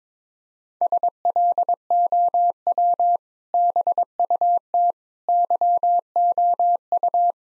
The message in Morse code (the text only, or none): SLOW BUT YOU